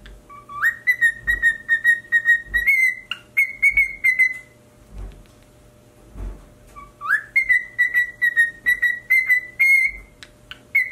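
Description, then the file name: Cockatiel song of long level whistles, rising at the start then held and warbling steadily, in two extended phrases separated by a pause, with occasional low knocks. "Cockatiel Singing"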